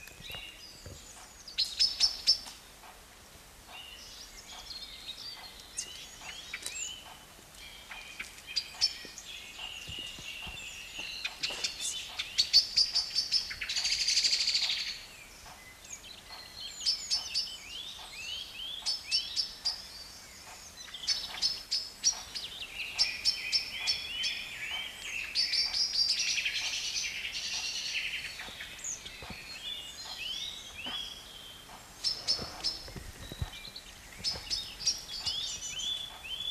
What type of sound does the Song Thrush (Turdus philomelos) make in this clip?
song